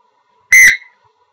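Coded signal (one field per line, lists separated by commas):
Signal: whistle signal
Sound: one short, sharp, shrill referee whistle blast with a slight trill, then quiet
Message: 1 short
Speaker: short and sharp light of this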